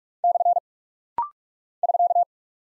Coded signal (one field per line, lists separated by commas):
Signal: Morse code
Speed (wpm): 44 wpm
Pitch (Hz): 700 Hz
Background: none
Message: / <SK>